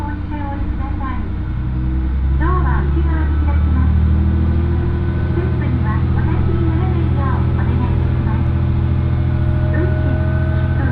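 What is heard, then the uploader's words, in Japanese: Inside the first Ōito Line train leaving Itoigawa, a steady low engine rumble runs throughout while people talk over it, voices rising and falling. 耳で楽しむ鉄道旅 大糸線 糸魚川→平岩。糸魚川を出る大糸線の始発列車で南小谷へと向かいます。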